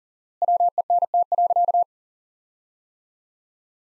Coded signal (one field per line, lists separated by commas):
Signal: Morse code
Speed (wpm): 40 wpm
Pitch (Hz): 700 Hz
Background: none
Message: WENT.